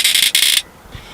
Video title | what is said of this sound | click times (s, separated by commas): Adventuring through the Columbia River Gorge - On the Road Episode 27 | Listen to the sound of this when it locks. | 0.4 s